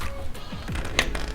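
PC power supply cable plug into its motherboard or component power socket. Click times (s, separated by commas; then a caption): 1.0 s. A PC power supply cable plug is pushed again into its motherboard or component power socket after a failed try, with music in the background. A sharp click is heard at 1.0 s, and the plug is seated and sitting tight.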